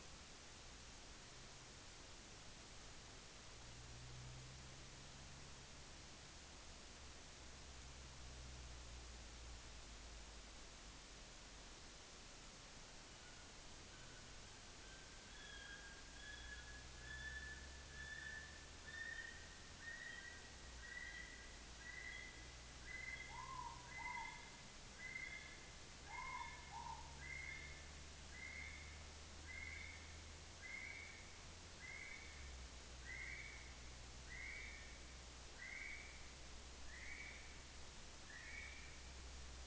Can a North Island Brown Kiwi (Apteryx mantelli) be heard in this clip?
yes